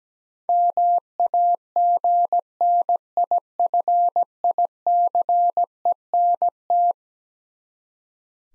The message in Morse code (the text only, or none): MAGNIFICENT